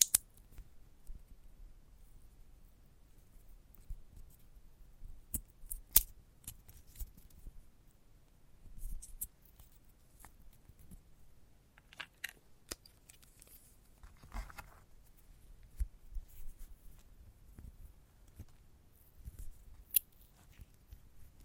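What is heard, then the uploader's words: Dry crackles and sharp snipping clicks from handling a sunflower head, scattered irregularly over a low soft rumble, with a few louder snaps. ASMR of a Sunflower Head (No Talking).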